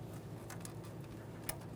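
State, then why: Seated. The wiring connector for the throttle body on a 2012-2018 Nissan Altima 2.5L L4 is routed under a hose and pressed into the throttle body during an intake manifold replacement. A steady low hum runs throughout, with a few faint ticks near 0.5 and 0.7 seconds. A sharp click at 1.5 seconds marks the connector seating.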